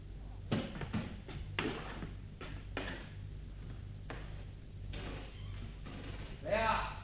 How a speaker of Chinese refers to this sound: 您听，有人敲门。 哎，这快十一点了，这会有谁呀？